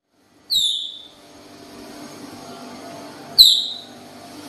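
Baird's tapir, two high, piercing squeals that slide downward, about three seconds apart, over a quiet continuous hum.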